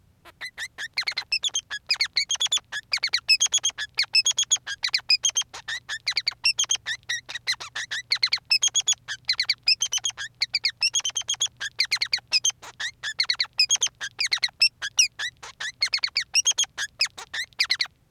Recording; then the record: song of a male Bengalese finch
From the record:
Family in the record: son of father 3